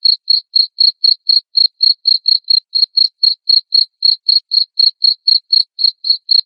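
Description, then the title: Cricket chirps in an unbroken, even series, high and sharp, about four every second throughout. Loud cricket chirping (ngerik) said to make lovebirds sing ngekek continuously. "Suara JANGKRIK NGERIK Keras Bikin LOVEBIRD Jadi NGEKEK Terus Vubey"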